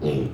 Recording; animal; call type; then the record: contact call of a hoofed animal; pig; closed-mouth grunt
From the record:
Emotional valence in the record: negative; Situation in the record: short social isolation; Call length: 0.34 s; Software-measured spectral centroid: 1300 Hz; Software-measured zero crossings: 680 a second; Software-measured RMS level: -24 dBFS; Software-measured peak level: -10 dBFS